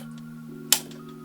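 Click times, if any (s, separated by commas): 0.7 s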